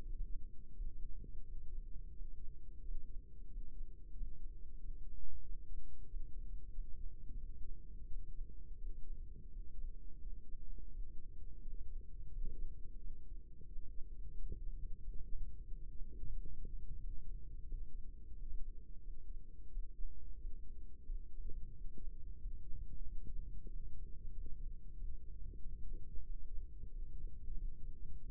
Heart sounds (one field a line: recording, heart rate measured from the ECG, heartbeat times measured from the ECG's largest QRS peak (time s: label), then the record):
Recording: heart sounds by microphone in the right ear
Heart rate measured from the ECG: 90 bpm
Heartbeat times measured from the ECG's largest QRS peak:
0.70 s: heartbeat
1.41 s: heartbeat
2.10 s: heartbeat
2.80 s: heartbeat
3.46 s: heartbeat
4.12 s: heartbeat
4.76 s: heartbeat
5.41 s: heartbeat
6.05 s: heartbeat
6.69 s: heartbeat
7.35 s: heartbeat
8.04 s: heartbeat
8.75 s: heartbeat
9.48 s: heartbeat
10.18 s: heartbeat
10.88 s: heartbeat
11.59 s: heartbeat
12.27 s: heartbeat
12.96 s: heartbeat
13.64 s: heartbeat
14.32 s: heartbeat
14.98 s: heartbeat
15.64 s: heartbeat
16.29 s: heartbeat
16.97 s: heartbeat
17.63 s: heartbeat
18.31 s: heartbeat
18.99 s: heartbeat
19.68 s: heartbeat
20.35 s: heartbeat
21.02 s: heartbeat
21.70 s: heartbeat
22.36 s: heartbeat
23.01 s: heartbeat
23.65 s: heartbeat
24.29 s: heartbeat
24.93 s: heartbeat
25.57 s: heartbeat
26.21 s: heartbeat
26.87 s: heartbeat
27.53 s: heartbeat
28.19 s: heartbeat
From the record:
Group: healthy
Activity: rest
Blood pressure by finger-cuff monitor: 106/63 mmHg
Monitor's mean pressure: 74 mmHg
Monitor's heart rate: 89 bpm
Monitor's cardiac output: 6.4 L/min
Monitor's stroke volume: 73 mL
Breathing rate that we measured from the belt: 23 breaths a minute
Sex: male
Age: 22 years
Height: 181 cm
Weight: 60 kg